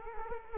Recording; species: mosquito wingbeat signal from an infrared sensor; Culex quinquefasciatus